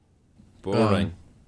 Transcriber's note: in unison